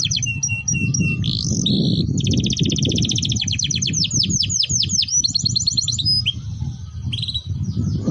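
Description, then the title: Domestic canary singing continuous varied tours: short whistles, a low trill, then long runs of quick downslurred notes, with steady low hum underneath. Song used to warm up Belgian canaries and to tutor young canaries so they start singing quickly. "Canto Para Esquentar Canário Belga. Suara Pancingan Kenari Gacor || Masteran Kenari Paud Agar Cepat Bunyi"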